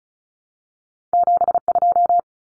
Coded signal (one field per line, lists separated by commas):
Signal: Morse code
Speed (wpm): 34 wpm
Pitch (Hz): 700 Hz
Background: none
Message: 72